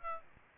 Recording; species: mosquito wingbeat signal from an infrared sensor; Aedes aegypti